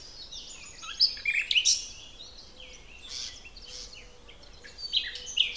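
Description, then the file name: Common nightingale song: several phrases of high whistles and sharp notes with pauses between. "Luscinia megarhynchos"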